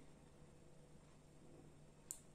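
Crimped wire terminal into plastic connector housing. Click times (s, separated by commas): 2.1 s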